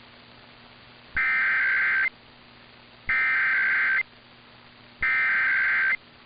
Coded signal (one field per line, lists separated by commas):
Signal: Emergency Alert System (SAME) tones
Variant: header bursts